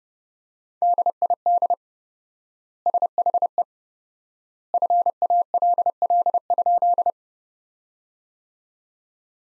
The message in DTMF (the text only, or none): none